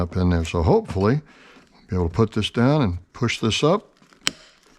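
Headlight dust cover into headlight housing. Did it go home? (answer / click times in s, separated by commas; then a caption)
yes / 4.3 s. Someone talks while a repaired headlight dust cover from a 2000 Mercedes S500, its retention tang rebuilt from welding wire, is pushed up into the headlight housing. A sharp click at 4.3 s marks the cover locking in place and holding.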